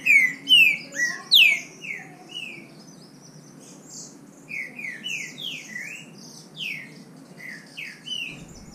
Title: Trinca Ferro NICÃ O No Mato Disputando Com Solto